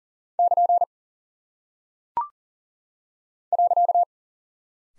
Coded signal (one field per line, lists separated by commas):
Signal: Morse code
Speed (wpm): 39 wpm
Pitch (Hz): 700 Hz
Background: none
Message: <KN> .